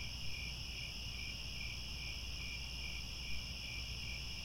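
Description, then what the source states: Cricket chirping as a dense high-pitched wash, its lower layer beating in quick even pulses, with a low steady rumble below. Chorus of crickets at twilight, as the sun sets and stars come out.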